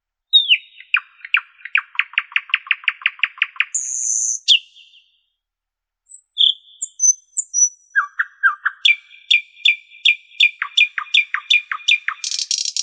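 Common nightingale singing a long series of quick descending notes and a buzzy burst, then high thin whistles and further rapid repeated notes ending in a buzz.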